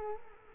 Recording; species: mosquito wingbeat signal from an infrared sensor; Culex quinquefasciatus